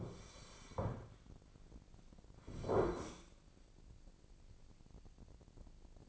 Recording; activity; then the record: daily activity, microphone in the room; sit down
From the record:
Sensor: 5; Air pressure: 1009.3 hPa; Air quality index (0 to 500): 154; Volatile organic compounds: 2 ppm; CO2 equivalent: 1188 ppm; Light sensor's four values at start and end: 258/619/262/285 and 260/624/264/288